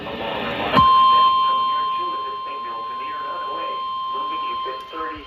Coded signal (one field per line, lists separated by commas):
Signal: Emergency Alert System (SAME) tones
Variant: 1050 Hz attention tone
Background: speech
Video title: First Severe Weather Event of 2023 (4/7/23) (EAS #533 - 546)